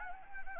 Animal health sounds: mosquito wingbeat signal from an infrared sensor; Anopheles arabiensis

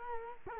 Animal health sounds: mosquito wingbeat signal from an infrared sensor; Culex quinquefasciatus

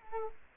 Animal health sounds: mosquito wingbeat signal from an infrared sensor; Culex quinquefasciatus

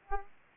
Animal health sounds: mosquito wingbeat signal from an infrared sensor; Aedes aegypti

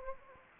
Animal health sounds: mosquito wingbeat signal from an infrared sensor; Anopheles arabiensis

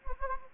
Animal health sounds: mosquito wingbeat signal from an infrared sensor; Anopheles gambiae

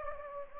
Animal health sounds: mosquito wingbeat signal from an infrared sensor; Anopheles gambiae

